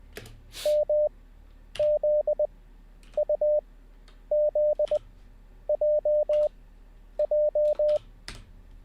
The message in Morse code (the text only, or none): MZUZJJ